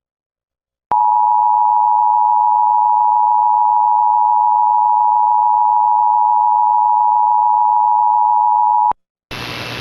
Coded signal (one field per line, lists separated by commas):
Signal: Emergency Alert System (SAME) tones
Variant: 853 and 960 Hz attention tone